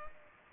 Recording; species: mosquito wingbeat signal from an infrared sensor; Culex pipiens